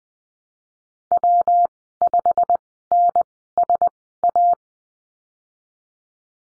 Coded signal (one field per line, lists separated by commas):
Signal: Morse code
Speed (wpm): 20 wpm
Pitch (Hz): 700 Hz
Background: none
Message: W5NSA